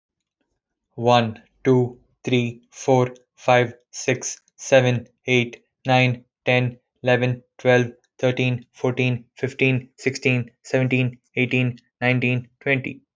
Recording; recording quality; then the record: counting at a normal pace; excellent, no background noise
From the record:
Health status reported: healthy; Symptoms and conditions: none ticked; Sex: male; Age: 25 years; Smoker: not ticked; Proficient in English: yes